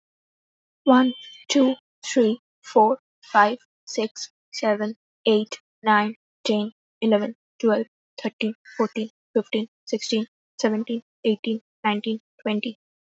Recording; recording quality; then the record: counting at a normal pace; excellent, no background noise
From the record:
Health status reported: healthy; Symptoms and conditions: none ticked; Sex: female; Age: 23 years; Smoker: not ticked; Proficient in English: yes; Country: India